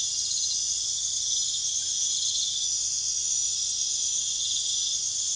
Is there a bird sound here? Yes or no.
no